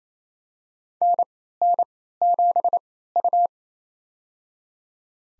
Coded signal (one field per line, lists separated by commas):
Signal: Morse code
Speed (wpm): 27 wpm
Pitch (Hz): 700 Hz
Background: none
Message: NN7U